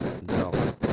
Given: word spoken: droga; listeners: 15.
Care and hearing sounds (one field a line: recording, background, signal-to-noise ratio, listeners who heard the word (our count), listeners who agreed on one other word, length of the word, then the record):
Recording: one Spanish word in noise, from a listening test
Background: noise modulated by one talker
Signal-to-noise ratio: -8.2 dB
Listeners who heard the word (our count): 2 of 15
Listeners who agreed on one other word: 7 of 15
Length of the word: 0.53 s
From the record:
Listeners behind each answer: 7, 2, 1, 1, 1, 1, 1, 1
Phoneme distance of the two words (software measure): 31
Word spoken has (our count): 2 syllables, 5 phonemes, stress on syllable 1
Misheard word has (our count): 1 syllable, 2 phonemes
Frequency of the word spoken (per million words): 34.89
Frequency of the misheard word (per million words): 9606.18